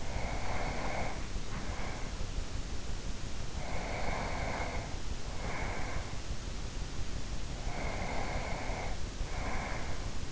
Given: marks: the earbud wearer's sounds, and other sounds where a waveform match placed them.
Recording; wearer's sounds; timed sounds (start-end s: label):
sounds in sleep by an in-ear microphone; breath
0.00-2.46 s: breath
3.54-6.49 s: breath
7.69-10.32 s: breath